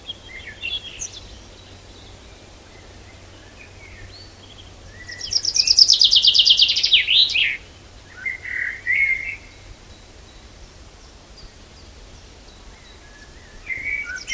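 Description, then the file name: Common chaffinch song: one bright, fast trill of repeated notes ending in a flourish, with softer phrases before and after. "Fringilla coelebs"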